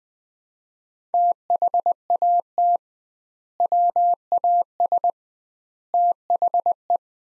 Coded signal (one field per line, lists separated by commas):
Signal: Morse code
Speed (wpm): 21 wpm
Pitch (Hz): 700 Hz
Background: none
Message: THAT WAS THE